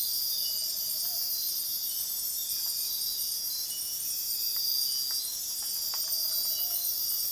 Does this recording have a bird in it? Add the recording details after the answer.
no. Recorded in dense forest near Puerto Asís, Putumayo, Colombia, on 18 February 2024 at 05:00. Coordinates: 0.502, -76.326. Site G6460